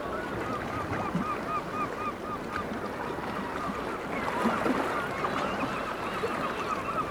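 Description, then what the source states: Black-legged kittiwakes, one clear series of short arched nasal notes in quick succession, other birds calling behind, over a steady rushing background. Several kittiwakes recorded at Dunbar.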